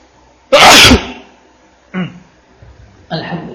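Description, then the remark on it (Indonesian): A single loud, explosive sneeze bursts out and fades within half a second, followed after a pause by two much quieter, brief sounds. “Alhamdulillah. Yahdikallahu.”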